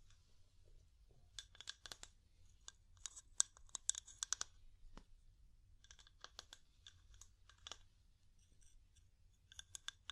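Wood tapping in quick, irregular clusters of light, crisp clicks, busiest around two to four and seven seconds, over a faint low hum.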